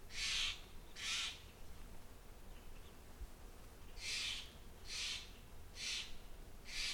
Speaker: Either that Stellar's Jay doesn't like our rambling around in its hazelnut bush, or maybe there's something bigger here.